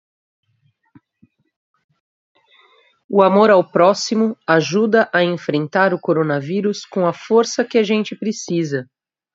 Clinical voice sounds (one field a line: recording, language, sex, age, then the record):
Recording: spoken sentence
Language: Brazilian Portuguese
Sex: female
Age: 30 to 39 years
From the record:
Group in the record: control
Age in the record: 38 years